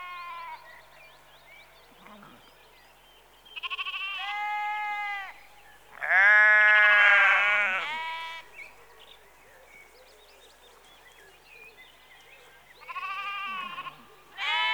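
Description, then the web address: Sheep bleats coming after a quiet start: a few medium bleats, one long loud wavering bleat, then a pause and more bleating near the end. Sheep in a rural exterior atmosphere, early evening, recorded close. "Sound Effects Library (Exterior Atmospheres-Rural Backg) Sheep Early Evening- Close"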